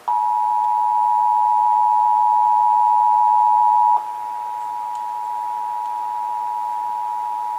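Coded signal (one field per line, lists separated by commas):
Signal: Emergency Alert System (SAME) tones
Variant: 853 and 960 Hz attention tone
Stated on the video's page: Texas required monthly test as aired on several radio and TV stations.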